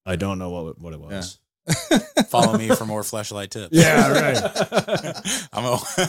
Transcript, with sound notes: I don't know what it was. (laughing)
Follow me for more flashlight tips.
Yeah, right. (laughing)
I'm all,